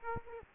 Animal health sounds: mosquito wingbeat signal from an infrared sensor; Aedes aegypti

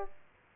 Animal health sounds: mosquito wingbeat signal from an infrared sensor; Aedes aegypti

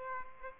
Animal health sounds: mosquito wingbeat signal from an infrared sensor; Aedes aegypti

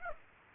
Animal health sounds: mosquito wingbeat signal from an infrared sensor; Aedes aegypti

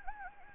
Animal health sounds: mosquito wingbeat signal from an infrared sensor; Anopheles gambiae

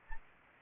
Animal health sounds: mosquito wingbeat signal from an infrared sensor; Anopheles arabiensis

